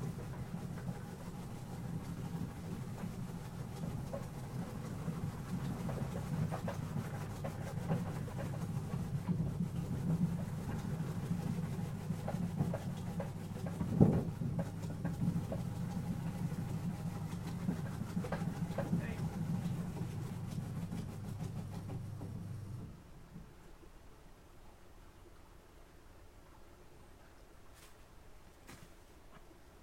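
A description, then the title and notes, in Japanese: A shredding machine hums steadily and low as washed daikon is cut into strips, with scattered clicks, then shuts off abruptly near 23 seconds. 機械音あり 切り干し大根作り。7℃\\-3℃ 晴れ。お昼過ぎ、洗った大根を千切り機で千切り大根にします。一人は大根を機械に入れ込む、一人は出てきた千切り大根をコンテナに受ける。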